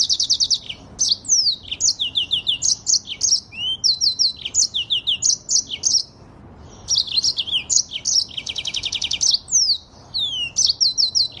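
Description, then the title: Streaked spiderhunter song: rapid, high, varied notes in quick bursts, with sharp downslurred chips and a buzzy trill near the end, pausing briefly around six seconds. Tutor recording (masteran) for cage birds; bird singing vigorously (gacor), with a clear, long song. "Pijantung Gunung Gacor Jernih Panjang"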